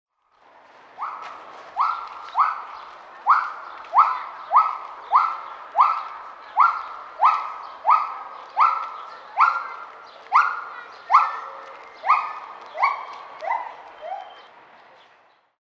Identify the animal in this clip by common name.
Silvery Javan Gibbon